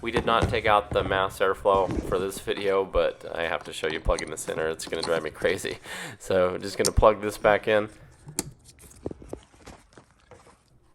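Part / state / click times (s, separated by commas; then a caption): electrical connector into mass airflow sensor / seated / 8.4 s. An electrical connector is plugged back into the mass airflow sensor on the intake of a 2015-2020 GM 6.2L/5.3L V8 (Yukon, Tahoe, Silverado, Sierra, Suburban, Escalade) during a water pump replacement. Someone talks for the first eight seconds, then a sharp click at 8.4 s marks the connector seating, followed by a few faint handling taps.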